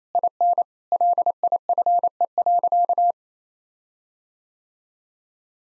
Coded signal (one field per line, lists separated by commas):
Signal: Morse code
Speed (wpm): 28 wpm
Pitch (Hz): 700 Hz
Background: none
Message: IN LIFE.